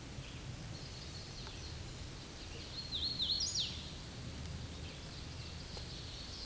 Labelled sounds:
Hooded Warbler (Setophaga citrina) song

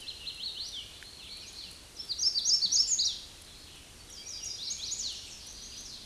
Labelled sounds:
Chestnut-sided Warbler (Setophaga pensylvanica) song

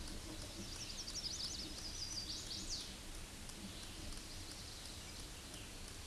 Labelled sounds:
Chestnut-sided Warbler (Setophaga pensylvanica) song

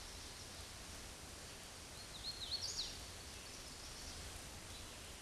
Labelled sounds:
Hooded Warbler (Setophaga citrina) song

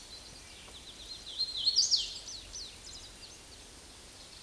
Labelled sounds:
Hooded Warbler (Setophaga citrina) song

